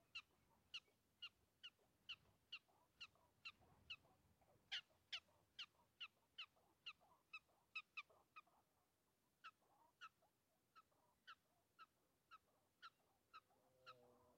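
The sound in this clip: Prairie dog chirps, a long series of short high notes at an uneven pace, over steady low background hiss.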